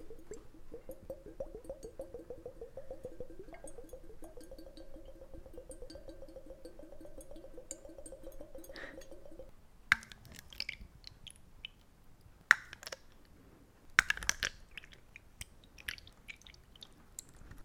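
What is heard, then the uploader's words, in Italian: Water sounds in two parts: for the first ten seconds a steady, rapidly pulsing gurgle holds a low-mid tone, like water pouring or bubbling. It then stops, leaving scattered drips and sharp, clinking splashes, loudest around 10, 12.5 and 14 seconds. I suoni meravigliosi dell'acqua asmr. Suoni dell'acqua in diversi modi.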